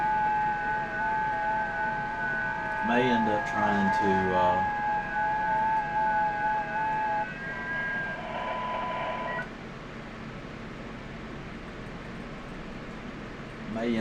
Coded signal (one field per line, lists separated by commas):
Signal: FT8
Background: speech